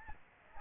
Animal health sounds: mosquito wingbeat signal from an infrared sensor; Aedes albopictus

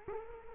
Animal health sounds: mosquito wingbeat signal from an infrared sensor; Culex quinquefasciatus

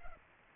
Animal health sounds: mosquito wingbeat signal from an infrared sensor; Culex pipiens

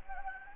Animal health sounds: mosquito wingbeat signal from an infrared sensor; Anopheles gambiae

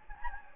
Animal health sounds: mosquito wingbeat signal from an infrared sensor; Anopheles gambiae

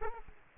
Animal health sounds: mosquito wingbeat signal from an infrared sensor; Aedes albopictus

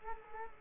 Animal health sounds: mosquito wingbeat signal from an infrared sensor; Culex quinquefasciatus

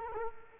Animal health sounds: mosquito wingbeat signal from an infrared sensor; Culex quinquefasciatus

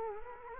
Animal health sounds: mosquito wingbeat signal from an infrared sensor; Culex quinquefasciatus

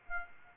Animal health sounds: mosquito wingbeat signal from an infrared sensor; Aedes aegypti

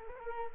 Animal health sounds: mosquito wingbeat signal from an infrared sensor; Culex quinquefasciatus

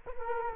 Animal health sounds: mosquito wingbeat signal from an infrared sensor; Culex quinquefasciatus

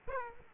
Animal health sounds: mosquito wingbeat signal from an infrared sensor; Aedes aegypti

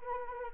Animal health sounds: mosquito wingbeat signal from an infrared sensor; Anopheles arabiensis

